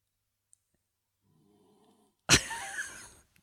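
Faint low rattling snore, then a louder snorting breath, from Ringo, a pet dog sleeping in a quiet room, heard in the background.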